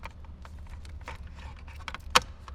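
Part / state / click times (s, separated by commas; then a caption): plastic cover panel onto back of display mount / seated / 2.2 s. A plastic rear cover panel is slid down the back of a JVC KW-Z1000AW display mount, part of a direct-fit bundle for 2018–2023 Jeep Wrangler JL and 2020–2023 Gladiator JT. Faint scraping and light ticks at 1.9 s give way to one sharp, bright click at 2.2 s as the panel locks into place, over a steady low rumble. The panel is seated.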